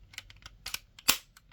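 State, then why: Seated. The back end of a plastic transforming toy robot (a toy zord) is pushed forward, giving a series of small, sharp plastic clicks and rattles. The back section clicks into place at 0.7 s and is seated. A louder snap follows at 1.1 s.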